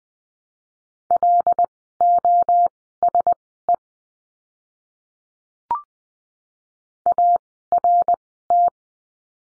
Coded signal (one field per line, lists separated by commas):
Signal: Morse code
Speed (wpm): 20 wpm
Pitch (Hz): 700 Hz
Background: none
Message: LOSE ART